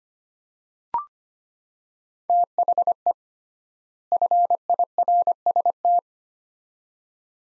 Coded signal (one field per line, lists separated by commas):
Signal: Morse code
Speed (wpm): 25 wpm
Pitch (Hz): 700 Hz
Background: none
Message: THE FIRST